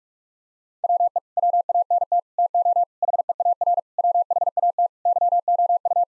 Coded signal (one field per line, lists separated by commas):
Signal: Morse code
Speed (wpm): 46 wpm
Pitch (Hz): 700 Hz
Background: none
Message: WE WANT TO HEAR WHAT YOU